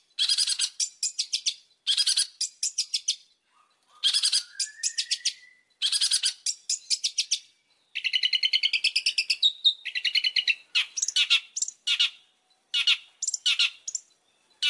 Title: Pancingan Suara Siulan Kacer Gacor Mantap Untuk Memancing Kacer Lain Agar Mau Nyaut Bunyi